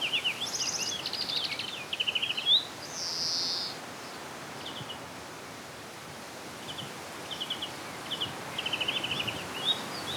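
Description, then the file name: European greenfinch giving quick rattling trills and one drawn-out buzzy wheeze, then sparse short twitters over a constant hiss. "Chloris chloris"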